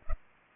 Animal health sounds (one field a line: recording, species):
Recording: mosquito wingbeat signal from an infrared sensor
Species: Culex pipiens